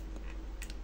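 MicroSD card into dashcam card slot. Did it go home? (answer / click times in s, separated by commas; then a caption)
yes / 0.6 s, 0.7 s. A microSD memory card, copper contacts facing the lens side, is pushed into the card slot of a small AZDOME M200 WIFI FHD 1080p dashcam turned lens-down. Over a low steady hum, two short sharp clicks sound at 0.6 s and 0.7 s as the card seats in the slot.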